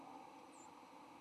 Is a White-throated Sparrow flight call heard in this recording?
no